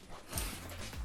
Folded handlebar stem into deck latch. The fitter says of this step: like this, and then you push down until it clicks, and